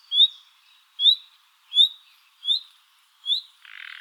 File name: Luscinia megarhynchos